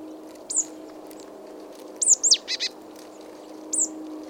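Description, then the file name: Marsh tit calls: sharp, high descending 'pitchou' notes given three times, once trailed by two short nasal notes, over a steady low hum. "Poecile palustris"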